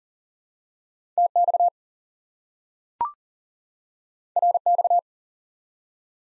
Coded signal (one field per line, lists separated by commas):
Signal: Morse code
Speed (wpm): 40 wpm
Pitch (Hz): 700 Hz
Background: none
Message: TX RX